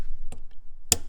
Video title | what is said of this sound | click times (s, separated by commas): Webasto Gasoline Heater Install - Van Build - Webasto Airtop 2000 STC - Promaster Webasto Install | oh yeah nice satisfying click | 0.9 s